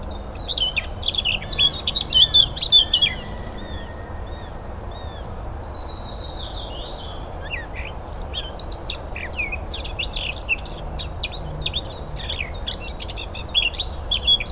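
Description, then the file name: Eurasian blackcap song, an opening warbled phrase with whistled notes, then looser scattered chirps and ticks for the rest. "Sylvia atricapilla"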